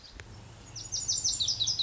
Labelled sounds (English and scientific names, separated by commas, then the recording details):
Lazuli Bunting (Passerina amoena)
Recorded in Sonoma County, California